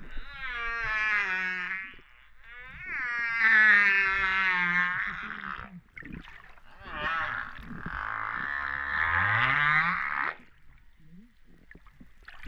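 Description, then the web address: Humpback whale song units: three long, harmonic, wavering cries with brief gaps, the last ending over a low upward sweep, then soft knocks. Recorded off Réunion on 13 September 2011 at 08:35:04. "autres sons cetaces BB Reunion 13-09-201108-35-04"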